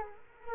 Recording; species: mosquito wingbeat signal from an infrared sensor; Culex quinquefasciatus